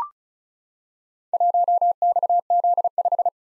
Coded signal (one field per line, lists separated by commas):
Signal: Morse code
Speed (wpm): 36 wpm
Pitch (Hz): 700 Hz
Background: none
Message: 1XZ5